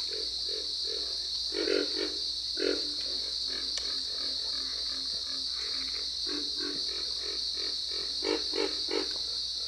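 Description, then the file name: Pig frog grunting repeatedly, low hoarse pulses in clustered series, some louder, beneath a continuous high-pitched hum. "solitudes pig frog"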